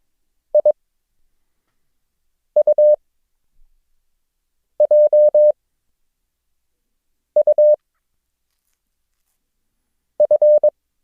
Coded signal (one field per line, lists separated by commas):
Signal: Morse code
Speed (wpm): 22 wpm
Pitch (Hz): 600 Hz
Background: none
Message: I U J U F